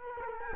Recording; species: mosquito wingbeat signal from an infrared sensor; Culex quinquefasciatus